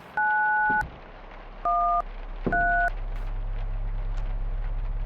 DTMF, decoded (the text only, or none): 913